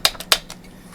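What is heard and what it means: The slide lock lever on a Springfield XD-S .45 pistol frame is pressed several times with an empty magazine inserted. Two sharp metallic taps land at about 0.1 and 0.3 seconds, with fainter ones near 0.2 and 0.5 seconds. The slide lock has not engaged or clicked yet.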